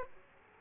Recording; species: mosquito wingbeat signal from an infrared sensor; Aedes aegypti